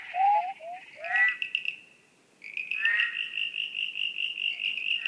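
Frogs giving short rising chirps, a sharp rattle, then a long, steady high trill to the end.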